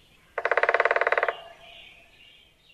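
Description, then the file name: Red-bellied Woodpecker giving a rolling churr, a rapid burry trill of many pulses lasting about one second, with a faint higher sound continuing afterwards. "Red-bellied Woodpecker (Wild America)"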